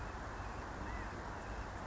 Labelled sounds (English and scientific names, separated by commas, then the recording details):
California Quail (Callipepla californica)
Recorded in Sonoma County, California